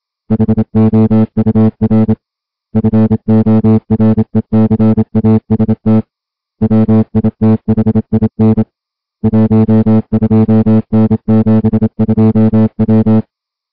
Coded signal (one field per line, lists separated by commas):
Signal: Morse code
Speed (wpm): 27 wpm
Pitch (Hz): 220 Hz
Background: music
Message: HOUR FORECAST WITHIN 12N72W